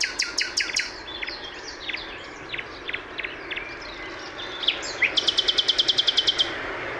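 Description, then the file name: Common nightingale singing varied phrases: sharp clicks and whistled notes, then a fast, even burst of high repeated notes, with steady background hiss. "Luscinia megarhynchos"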